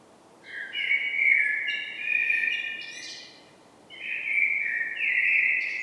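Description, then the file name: Common blackbird singing two fluty, warbled phrases separated by a short pause, the first ending in a thin, higher squeaky flourish. "Turdus merula"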